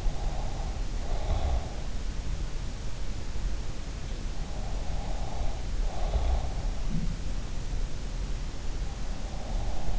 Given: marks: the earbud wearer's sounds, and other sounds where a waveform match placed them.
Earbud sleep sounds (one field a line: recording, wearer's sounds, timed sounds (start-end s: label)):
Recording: sounds in sleep by an in-ear microphone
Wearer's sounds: breath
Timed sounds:
0.00-1.64 s: breath